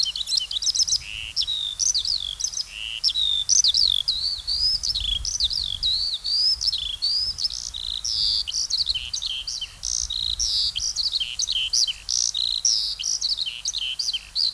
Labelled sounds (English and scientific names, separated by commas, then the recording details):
Eurasian Skylark (Alauda arvensis)
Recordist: Tembrock, Günter
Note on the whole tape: Gesang mit Windgeräusch